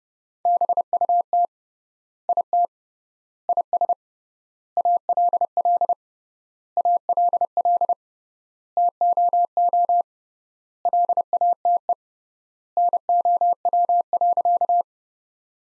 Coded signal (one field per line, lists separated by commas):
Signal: Morse code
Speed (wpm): 30 wpm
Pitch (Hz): 700 Hz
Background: none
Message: BUT IT IS ALL ALL TOO LATE NOW.